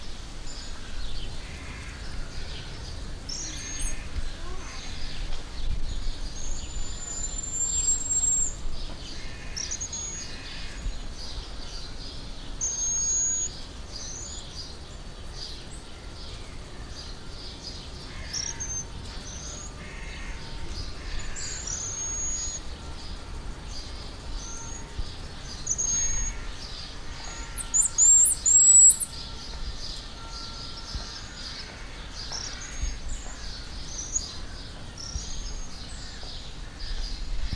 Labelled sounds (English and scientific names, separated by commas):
White-headed Marmoset (Callithrix geoffroyi) call